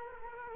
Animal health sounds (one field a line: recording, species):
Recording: mosquito wingbeat signal from an infrared sensor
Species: Culex quinquefasciatus